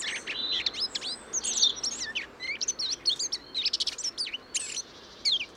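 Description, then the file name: Eurasian blackcap singing rapid, varied high phrases mixing chattery notes with clear whistled slurs, the phrases running almost without pause. "Sylvia atricapilla"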